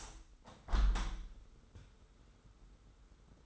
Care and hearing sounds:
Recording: daily activity, microphone in the room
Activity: open window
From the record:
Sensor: 3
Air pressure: 991.3 hPa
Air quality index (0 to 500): 132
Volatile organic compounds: 189 ppm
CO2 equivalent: 4174 ppm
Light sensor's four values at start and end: 49/134/55/48 and 49/133/54/48

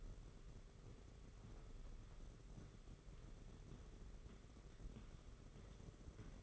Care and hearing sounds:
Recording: daily activity, microphone in the room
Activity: walk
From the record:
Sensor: 4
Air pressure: 991.5 hPa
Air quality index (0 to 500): 138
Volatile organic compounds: 58 ppm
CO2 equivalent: 3390 ppm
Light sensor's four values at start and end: 22/74/27/28 and 22/73/27/28

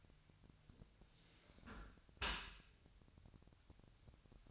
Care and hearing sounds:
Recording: daily activity, microphone in the room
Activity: close dishwasher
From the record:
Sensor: 2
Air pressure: 1006.6 hPa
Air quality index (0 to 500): 202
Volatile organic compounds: 14 ppm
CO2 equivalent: 2473 ppm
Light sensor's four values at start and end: 9/21/9/9 and 9/21/9/9

